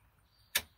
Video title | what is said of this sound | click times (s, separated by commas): Prius Top 5 (Check Hybrid) high voltage HV battery fault codes (triangle of doom) cheap fixes | only that far because you've got to have like click click two clicks and see how it sticks out to the right over here that's all the way in | 0.6 s